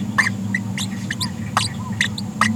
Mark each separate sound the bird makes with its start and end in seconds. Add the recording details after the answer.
0.18-0.30, 0.54-0.58, 0.77-0.86, 1.10-1.12, 1.21-1.26, 1.59-1.68, 2.00-2.08, 2.17-2.21, 2.41-2.50. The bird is a female. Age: 30 days. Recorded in a nest box in Venezuela. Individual 17B73B2